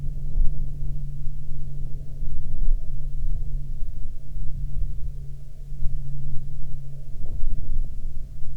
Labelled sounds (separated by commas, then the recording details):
wind, aircraft
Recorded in the Arctic National Wildlife Refuge, Alaska, on 6 August 2019 at 19:06
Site 49